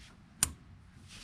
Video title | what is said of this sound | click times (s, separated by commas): Mazda Complete Fuel Pump And Fuel Tank Replacement! | now I take our fuel line and this is just going to snap right back into here | 0.4 s